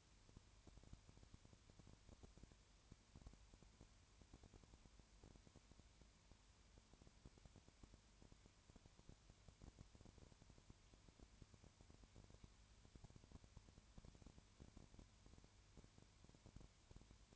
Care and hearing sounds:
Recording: daily activity, microphone in the room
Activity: no activity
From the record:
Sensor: 2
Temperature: 20.3 degrees Celsius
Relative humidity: 33.8%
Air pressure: 1003.2 hPa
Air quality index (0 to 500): 82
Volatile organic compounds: 1 ppm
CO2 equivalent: 785 ppm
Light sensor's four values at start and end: 2/3/2/2 and 2/3/2/2

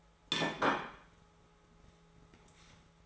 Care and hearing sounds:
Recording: daily activity, microphone in the room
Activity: place plate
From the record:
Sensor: 3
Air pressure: 1015.0 hPa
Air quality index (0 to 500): 209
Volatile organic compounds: 34 ppm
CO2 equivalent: 3045 ppm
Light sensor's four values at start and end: 35/85/37/39 and 35/86/37/39

